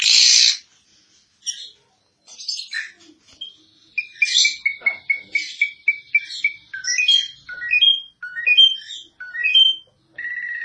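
Starling song beginning with a harsh rasping burst, then a string of short clear whistled notes, repeated and shifting in pitch, mixed with scratchy chips.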